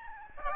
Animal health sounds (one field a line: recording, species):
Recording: mosquito wingbeat signal from an infrared sensor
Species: Aedes albopictus